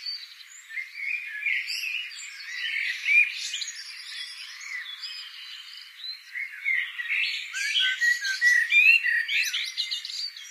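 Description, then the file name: Eurasian blackbird with a steady stream of harsh, busy chattering and squawks that grows louder and denser in the second half. "Turdus merula"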